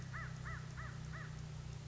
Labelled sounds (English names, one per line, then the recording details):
American Crow
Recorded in Sonoma County, California